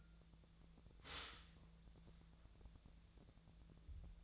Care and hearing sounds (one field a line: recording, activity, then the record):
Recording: daily activity, microphone in the room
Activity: stop toaster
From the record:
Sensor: 3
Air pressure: 1000.2 hPa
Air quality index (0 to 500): 155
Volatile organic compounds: 3 ppm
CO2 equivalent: 1369 ppm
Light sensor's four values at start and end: 37/95/40/43 and 37/95/40/43